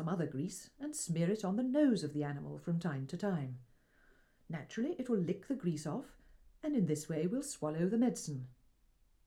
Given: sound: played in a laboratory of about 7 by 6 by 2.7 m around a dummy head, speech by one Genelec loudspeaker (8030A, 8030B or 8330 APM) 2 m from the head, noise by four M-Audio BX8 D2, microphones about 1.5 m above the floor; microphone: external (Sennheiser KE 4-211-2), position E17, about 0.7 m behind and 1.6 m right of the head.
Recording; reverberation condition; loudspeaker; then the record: female speech in English; low; 90 degrees to the right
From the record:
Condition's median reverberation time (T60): about 310 ms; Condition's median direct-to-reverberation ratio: about 3.5 dB